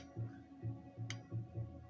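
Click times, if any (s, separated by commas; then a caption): 1.1 s. A Vulcan hand gripper is squeezed shut so the pawl on its handle engages the ratchet's adjustment notches. Over a steady low hum and a run of soft, rhythmic low thumps, a single sharp, bright tick rings out at 1.1 s as the pawl clicks into a notch and seats.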